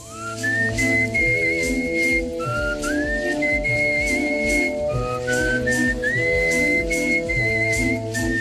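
A clear, high whistled melody glides and swoops between sustained notes, carried steadily over a full instrumental accompaniment with a rhythmic lower backing throughout.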